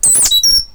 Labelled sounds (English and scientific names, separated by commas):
Stitchbird (Notiomystis cincta) song